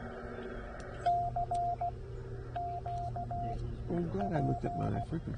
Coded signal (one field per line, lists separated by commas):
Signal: Morse code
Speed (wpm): 16 wpm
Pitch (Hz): 700 Hz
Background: speech, radio noise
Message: CQ P